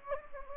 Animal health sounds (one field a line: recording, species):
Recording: mosquito wingbeat signal from an infrared sensor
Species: Anopheles gambiae